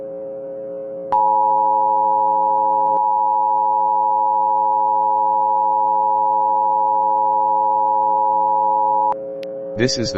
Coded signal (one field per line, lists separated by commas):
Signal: Emergency Alert System (SAME) tones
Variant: 853 and 960 Hz attention tone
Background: speech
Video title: EAS MOCK 48- AMBER ALERT FOR PAWNEE COUNTY KANSAS